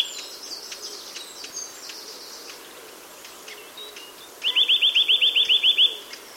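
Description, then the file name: Eurasian nuthatch delivering one fast run of about a dozen rising whistled notes near the end, after softer high twittering. "Sitta europaea"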